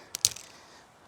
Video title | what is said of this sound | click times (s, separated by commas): Climbing With The Unicender, Single Rope Technique Edition | want to stop you flip it off and it locks in place | 0.2 s